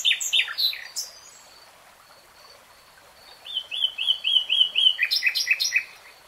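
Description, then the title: Nightingale song with loud, sharp chirped phrases, a pause, then a fast run of repeated descending notes followed by harsher clipped notes. Singing in real time. "[Tiếng chim hót] 3 Hours REALTIME Nightingale Singing"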